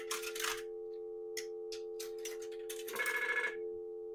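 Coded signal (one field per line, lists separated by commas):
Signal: telephone call progress tone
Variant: North America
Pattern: dial tone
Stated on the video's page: Prepay payphone controller adding a Dial Tone First function, providing coin control for Western Electric and other makers' payphones.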